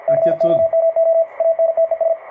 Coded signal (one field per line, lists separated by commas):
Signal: Morse code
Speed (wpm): 52 wpm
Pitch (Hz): 660 Hz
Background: speech, radio noise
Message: COMO ANTES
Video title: QSO PY1LHL / PY2DNR CW IT'S A LIFESTYLE